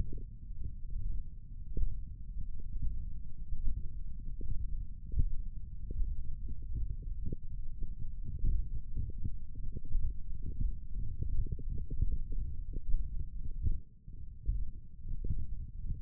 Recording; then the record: forearm muscle sounds (acoustic myography)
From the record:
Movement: thumb flexion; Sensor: system 1, eight BSWA MPA416 microphones around the upper forearm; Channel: 5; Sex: male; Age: 21 years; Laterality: right